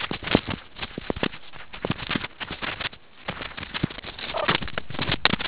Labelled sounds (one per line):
meerkat close call